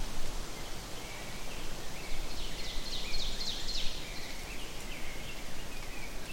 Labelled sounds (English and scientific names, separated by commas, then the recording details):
Ovenbird (Seiurus aurocapilla) song
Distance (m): 50 m
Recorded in boreal forest in Alberta, Canada, on 4 June 2016 at 07:23
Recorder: SongMeter 3, array SBT-3-51
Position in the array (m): 185 m, 188 m
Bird 28